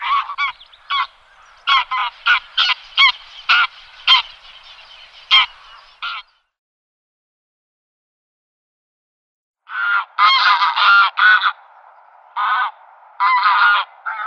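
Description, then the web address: Greylag goose giving loud nasal honks in quick bursts, a silent gap of about three seconds, then further honking in short groups. "Schulze Peter Greylag Goose"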